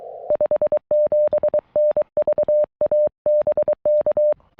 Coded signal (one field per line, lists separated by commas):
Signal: Morse code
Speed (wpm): 24 wpm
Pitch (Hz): 600 Hz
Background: none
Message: 57N VA BK